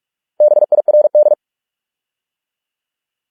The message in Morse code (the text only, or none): BIRD